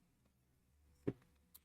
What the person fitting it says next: Ó, fez um clique,